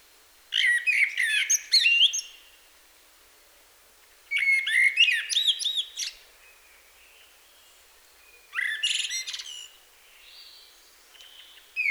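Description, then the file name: Common blackbird delivering three loud song phrases, each a quick fluted warble capped by thin high twittering, followed by softer trailing notes and quiet pauses. "Turdus merula"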